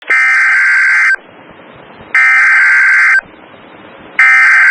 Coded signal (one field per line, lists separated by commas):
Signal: Emergency Alert System (SAME) tones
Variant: header bursts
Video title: Tornado Warning (Jefferson and Bullitt Counties, KY) (3/30/25) [EAS #109]